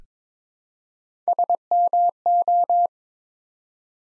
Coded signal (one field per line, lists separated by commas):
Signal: Morse code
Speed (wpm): 22 wpm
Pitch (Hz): 700 Hz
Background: none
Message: SMO